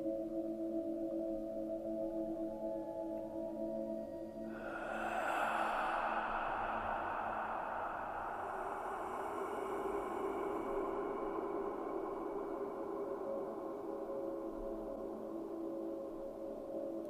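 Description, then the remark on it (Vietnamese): An eerie, steady drone of low tones, then a rushing gust of whistling, howling wind swells in at night after a few seconds and keeps moaning on without any voices. “Bầu không gian yên tĩnh, bỗng nhiên nghe có tiếng gió rít ù ù ghê rợn.”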